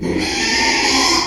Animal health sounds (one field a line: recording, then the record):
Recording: squeal of a Yucatan mini pig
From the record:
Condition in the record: after surgery on the right vocal fold (resection and tissue-engineered implant)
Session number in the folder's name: 2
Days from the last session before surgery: 13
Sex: male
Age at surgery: 12 weeks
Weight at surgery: 13 kg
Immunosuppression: cyclosporine, prednisolone